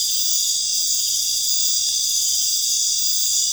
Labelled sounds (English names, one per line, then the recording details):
none
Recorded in dense forest near Puerto Asís, Putumayo, Colombia, on 19 March 2025 at 19:30
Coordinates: 0.484, -76.317
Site G064